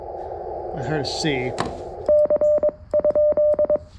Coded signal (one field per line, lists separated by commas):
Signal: Morse code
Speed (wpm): 22 wpm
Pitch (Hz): 600 Hz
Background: speech, radio noise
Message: C?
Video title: Morning CW POTA with the FX-4CR